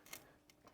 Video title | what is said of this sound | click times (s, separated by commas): Fill & Seal Operational Video | put it down you can feel it kind of snap into place and then they're good to go | 0.1 s